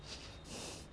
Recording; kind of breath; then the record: one breath in and out by a microphone near the nose and mouth; strong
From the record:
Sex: male